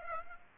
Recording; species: mosquito wingbeat signal from an infrared sensor; Aedes aegypti